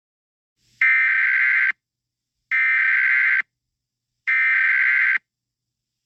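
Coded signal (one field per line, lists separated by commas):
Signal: Emergency Alert System (SAME) tones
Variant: header bursts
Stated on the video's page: Fictional alert scenario.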